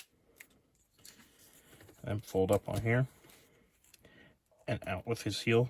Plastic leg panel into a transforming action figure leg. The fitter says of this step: you fold this in until it snaps back in